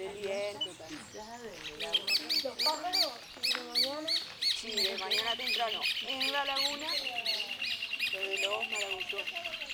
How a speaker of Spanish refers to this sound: los patos